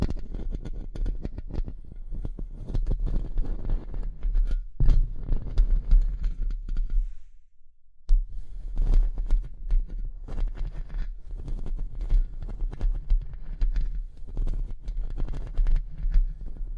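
Tapping and scratching on a surface, with dense, irregular taps and scrapes running through most of the clip over a low, thudding rumble. Around seven to eight seconds the sounds fade almost to silence, then the busy tapping resumes and continues to the end.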